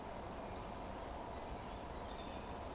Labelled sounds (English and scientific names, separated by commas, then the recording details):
Eurasian Woodcock (Scolopax rusticola) whistle
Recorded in Baden-Württemberg, Germany, on 12 June 2020 at 19:18 UTC
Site 14569, 102 m above sea level